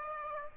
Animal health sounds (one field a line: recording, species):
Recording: mosquito wingbeat signal from an infrared sensor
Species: Aedes aegypti